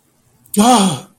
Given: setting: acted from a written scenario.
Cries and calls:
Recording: vocal sound without words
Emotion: fear

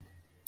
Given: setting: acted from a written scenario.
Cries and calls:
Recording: vocal sound without words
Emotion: sadness

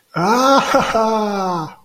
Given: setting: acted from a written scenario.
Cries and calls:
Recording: vocal sound without words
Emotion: positive surprise

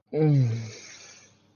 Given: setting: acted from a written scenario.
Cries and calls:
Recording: vocal sound without words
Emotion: desire

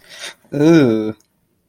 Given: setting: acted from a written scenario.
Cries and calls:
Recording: vocal sound without words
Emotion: embarrassment

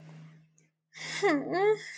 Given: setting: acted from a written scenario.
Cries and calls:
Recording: vocal sound without words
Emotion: guilt

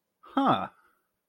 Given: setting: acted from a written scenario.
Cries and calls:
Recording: vocal sound without words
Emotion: interest

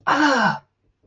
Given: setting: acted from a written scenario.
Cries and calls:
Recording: vocal sound without words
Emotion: disgust

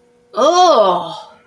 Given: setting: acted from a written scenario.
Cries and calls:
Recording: vocal sound without words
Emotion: disgust

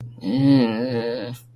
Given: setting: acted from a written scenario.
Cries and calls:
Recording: vocal sound without words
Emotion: shame

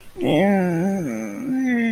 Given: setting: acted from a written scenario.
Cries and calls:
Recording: vocal sound without words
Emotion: embarrassment

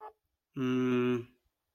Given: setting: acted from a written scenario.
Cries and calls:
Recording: vocal sound without words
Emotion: neutral

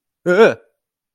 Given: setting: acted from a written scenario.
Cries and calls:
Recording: vocal sound without words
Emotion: negative surprise

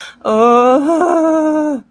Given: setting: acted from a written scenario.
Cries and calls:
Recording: vocal sound without words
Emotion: fear

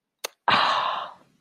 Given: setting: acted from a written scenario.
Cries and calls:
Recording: vocal sound without words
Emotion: contentment

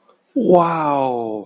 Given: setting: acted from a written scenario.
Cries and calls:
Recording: vocal sound without words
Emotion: awe

